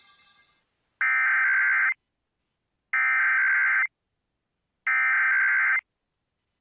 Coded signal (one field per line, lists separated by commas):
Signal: Emergency Alert System (SAME) tones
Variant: header bursts